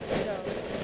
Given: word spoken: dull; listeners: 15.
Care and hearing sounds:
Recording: one English word in noise, from a listening test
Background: noise modulated by three-talker babble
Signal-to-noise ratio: -4.5 dB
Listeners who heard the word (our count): 2 of 15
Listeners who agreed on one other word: 8 of 15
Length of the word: 0.44 s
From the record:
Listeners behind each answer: 8, 2, 1, 1, 1, 1, 1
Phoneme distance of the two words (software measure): 20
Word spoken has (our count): 1 syllable, 3 phonemes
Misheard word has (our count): 1 syllable, 3 phonemes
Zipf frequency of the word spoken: 4.04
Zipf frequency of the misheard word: 5.17

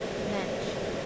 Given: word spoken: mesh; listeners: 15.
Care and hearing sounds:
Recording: one English word in noise, from a listening test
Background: speech-shaped noise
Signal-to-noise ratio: -6.5 dB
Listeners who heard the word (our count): 2 of 15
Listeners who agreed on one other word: 6 of 15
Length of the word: 0.66 s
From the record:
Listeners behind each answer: 6, 2, 1, 1, 1, 1, 1, 1, 1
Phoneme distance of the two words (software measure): 20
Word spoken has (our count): 1 syllable, 3 phonemes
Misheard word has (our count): 1 syllable, 3 phonemes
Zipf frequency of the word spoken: 3.27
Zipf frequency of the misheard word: 5.12

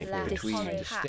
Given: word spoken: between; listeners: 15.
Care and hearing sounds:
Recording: one English word in noise, from a listening test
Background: four-talker babble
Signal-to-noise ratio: -1.6 dB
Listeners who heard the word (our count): 4 of 15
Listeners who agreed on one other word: 6 of 15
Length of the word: 0.68 s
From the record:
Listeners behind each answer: 6, 4, 1, 1, 1, 1, 1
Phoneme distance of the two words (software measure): 24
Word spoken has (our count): 2 syllables, 6 phonemes, stress on syllable 2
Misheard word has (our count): 1 syllable, 4 phonemes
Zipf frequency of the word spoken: 5.55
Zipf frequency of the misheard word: 3.45

